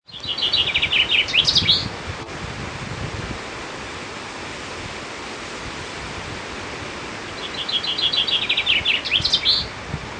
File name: Vink